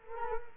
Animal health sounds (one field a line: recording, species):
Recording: mosquito wingbeat signal from an infrared sensor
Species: Culex quinquefasciatus